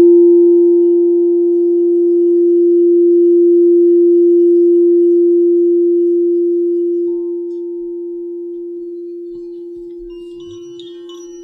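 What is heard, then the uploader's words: A singing bowl from a sound bath rings out as one steady, low-mid tone that holds its pitch. The sustain fades gradually over the clip. Near the end, a few faint, bright ticks and soft taps appear behind the fading hum. A Relaxing and Soothing Sound Bath.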